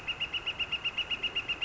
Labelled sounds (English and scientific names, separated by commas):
Northern Flicker (Colaptes auratus)